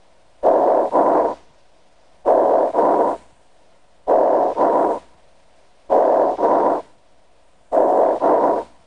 Bronchial breath sounds have a hollow or tubular quality and are high-pitched. They remain audible during inspiration and expiration. These sounds may be auscultated with either the bell or diaphragm of the stethoscope. Bronchial breath sounds over an area of lung tissue consolidation caused by pneumonia sound like this.